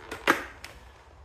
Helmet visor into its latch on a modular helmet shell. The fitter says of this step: widzicie tutaj już ładnie zatrzaskuje się szyba od razu z automatu także jest spoko bardzo